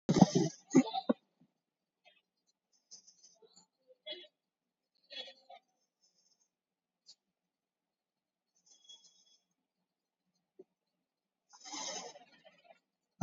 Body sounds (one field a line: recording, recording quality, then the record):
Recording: deep breathing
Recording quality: moderate, slight background noise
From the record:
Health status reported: COVID-19 positive, mild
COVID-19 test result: positive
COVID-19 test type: RT-PCR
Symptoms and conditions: cough, fatigue, loss of smell and taste, hypertension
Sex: female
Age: 48 years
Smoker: no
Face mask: worn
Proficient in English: yes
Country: India